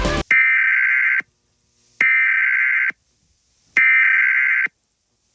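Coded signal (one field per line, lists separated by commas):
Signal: Emergency Alert System (SAME) tones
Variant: header bursts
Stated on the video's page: Fictional EAS scenario.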